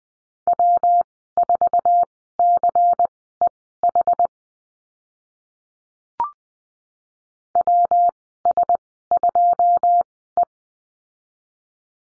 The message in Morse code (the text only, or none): W4CEH WS2E